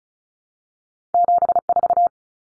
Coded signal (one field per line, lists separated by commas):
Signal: Morse code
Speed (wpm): 34 wpm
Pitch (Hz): 700 Hz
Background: none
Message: 74